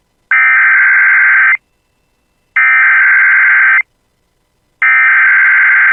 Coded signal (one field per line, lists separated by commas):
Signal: Emergency Alert System (SAME) tones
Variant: header bursts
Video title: [EAS] Severe Thunderstorm Watch 537 for the Bemidji Area